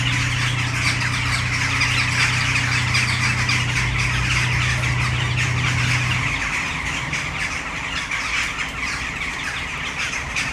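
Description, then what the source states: Western jackdaws chattering densely in rapid overlapping calls, while a steady low engine hum runs for about six seconds and then stops. Flock in a tree, city centre of Brno, Czech Republic, Malinovského square, at sunset.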